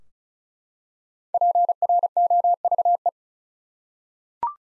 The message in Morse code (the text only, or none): PROVE